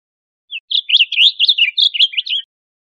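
Blue grosbeak delivering one brisk, sweet warbled phrase of about two seconds, notes tumbling up and down with no background noise.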